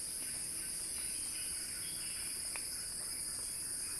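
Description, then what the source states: Cicada buzzing as an unbroken high whine, with a few faint chirps and one sharp click. Cicada song building in a crescendo.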